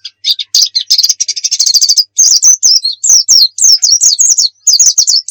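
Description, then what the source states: White-eye song: a dense buzzy chattering trill running into a series of high, quick, downslurred whistled notes. Muria white-eye; recording used for training (masteran) songbirds.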